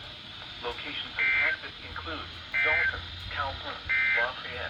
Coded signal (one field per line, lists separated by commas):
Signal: Emergency Alert System (SAME) tones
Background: speech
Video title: EAS #185 and #186 - Severe Thunderstorm Warnings!